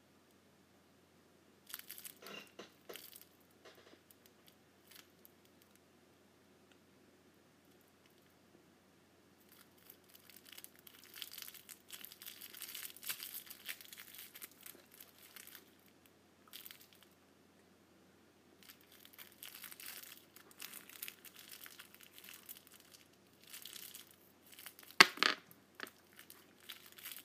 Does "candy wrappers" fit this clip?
yes